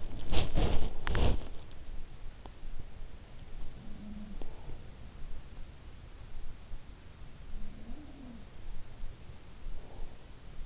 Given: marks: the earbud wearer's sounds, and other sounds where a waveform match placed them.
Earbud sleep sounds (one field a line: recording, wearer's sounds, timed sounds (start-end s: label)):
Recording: sounds in sleep by an in-ear microphone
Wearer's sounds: body movement, teeth grinding, breath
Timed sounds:
0.00-1.71 s: body movement
2.37-2.91 s: teeth grinding
3.68-5.17 s: sound from someone else or the room
7.28-8.66 s: sound from someone else or the room
9.48-10.65 s: breath